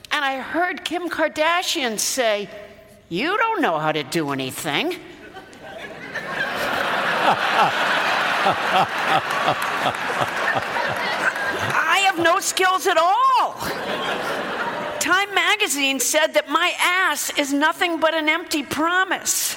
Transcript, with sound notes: And I heard Kim Kardashian say, you don't know how to do anything?
(LAUGHTER)
I have no skills at all. Time magazine said that my ass is nothing but an empty promise.